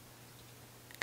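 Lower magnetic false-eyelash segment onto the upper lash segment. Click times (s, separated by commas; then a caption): 1.0 s. A lower magnetic false-eyelash segment is brought up from underneath against the upper lash segment until the magnets meet on the natural lashes. After a faint tick at 0.9 s, a sharp snap at 1.0 s marks the two segments seating together.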